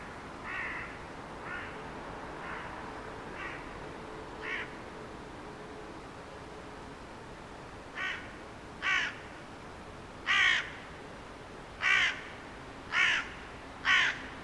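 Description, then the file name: Carrion crow cawing, a run of five softer harsh caws about a second apart, a pause, then six louder, rasping caws over steady background noise. "Corvus corone"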